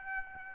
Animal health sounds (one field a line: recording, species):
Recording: mosquito wingbeat signal from an infrared sensor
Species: Aedes aegypti